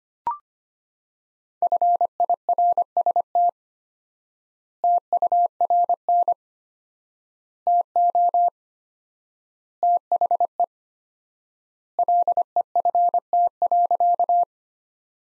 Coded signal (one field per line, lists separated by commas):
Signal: Morse code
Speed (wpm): 25 wpm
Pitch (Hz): 700 Hz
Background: none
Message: FIRST TURN TO THE LEFT.